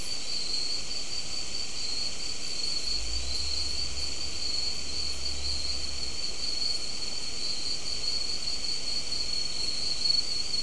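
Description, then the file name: Continuous insect trilling, a constant shrill ringing held throughout, over a faint low rumble in the middle. "mainly insect"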